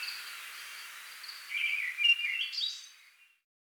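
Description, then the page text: Tickell's thrush giving one warbling phrase of rising and falling whistled notes after a faint high tone, then the sound cuts to silence. "Tickells Thrush Song. Quick Sounds"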